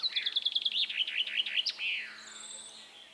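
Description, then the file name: Common chaffinch song: a quick run of bright, slurred notes ending in a sharp downward flourish, followed by a thin high whistle. "Fringilla coelebs"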